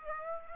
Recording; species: mosquito wingbeat signal from an infrared sensor; Aedes aegypti